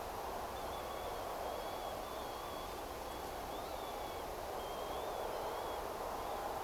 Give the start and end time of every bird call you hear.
0.56s-2.66s: Vanellus vanellus
3.06s-4.25s: Vanellus vanellus
4.60s-5.80s: Vanellus vanellus
6.17s-6.43s: Vanellus vanellus

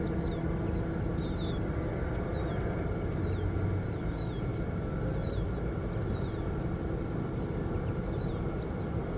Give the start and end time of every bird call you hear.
0.03s-0.42s: Spinus spinus
0.65s-0.71s: Fringilla coelebs
0.67s-0.82s: Spinus spinus
1.16s-1.62s: Spinus spinus
2.25s-2.59s: Spinus spinus
3.15s-4.58s: Spinus spinus
5.13s-5.60s: Spinus spinus
6.02s-6.44s: Spinus spinus
7.59s-7.85s: unidentified bird
7.73s-7.91s: Fringilla coelebs
7.91s-8.39s: Spinus spinus
8.73s-8.85s: Spinus spinus

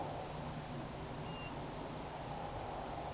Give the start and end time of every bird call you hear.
1.25s-1.50s: Pluvialis apricaria

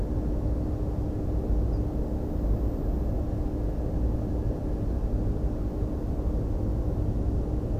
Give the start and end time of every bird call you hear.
1.71s-1.78s: Emberiza hortulana

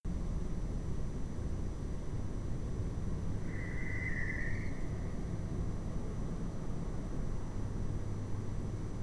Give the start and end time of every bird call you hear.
3.48s-4.67s: Tyto alba

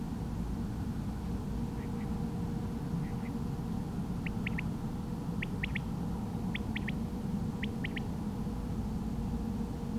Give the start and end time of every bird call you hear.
1.76s-2.06s: Coturnix coturnix
3.02s-3.30s: Coturnix coturnix
4.25s-4.61s: Coturnix coturnix
5.41s-5.79s: Coturnix coturnix
6.53s-6.91s: Coturnix coturnix
7.62s-8.00s: Coturnix coturnix

